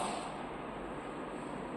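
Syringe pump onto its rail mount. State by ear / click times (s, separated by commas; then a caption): not seated / none. A syringe pump is being lined up and fitted onto its rail mount. A steady broadband rushing noise is heard with no distinct impacts and no talk. Nothing has seated or clicked yet by the end of the clip.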